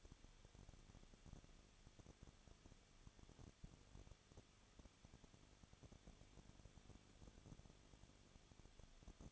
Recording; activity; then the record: daily activity, microphone in the room; no activity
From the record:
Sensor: 4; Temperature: 23.0 degrees Celsius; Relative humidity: 34.3%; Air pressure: 1007.3 hPa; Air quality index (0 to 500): 216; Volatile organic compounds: 15 ppm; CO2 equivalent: 2502 ppm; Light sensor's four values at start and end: 2/3/1/1 and 2/3/1/1